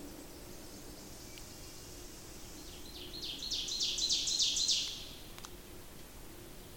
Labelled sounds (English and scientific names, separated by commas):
Ovenbird (Seiurus aurocapilla) song